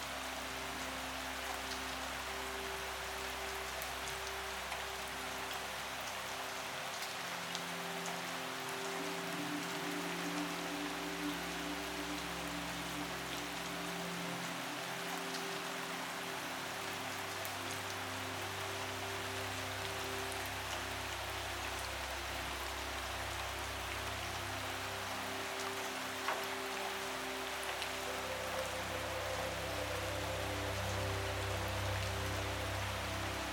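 Steady, dense rain hisses evenly throughout, bright, with occasional sharper drop ticks. Beneath it, soft music holds long, low sustained notes that shift slowly every several seconds, with an unchanging overall level.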